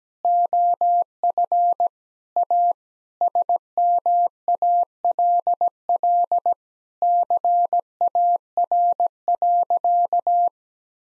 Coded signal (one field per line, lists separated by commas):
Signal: Morse code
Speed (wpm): 17 wpm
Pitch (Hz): 700 Hz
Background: none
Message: OF A SMALL CAR.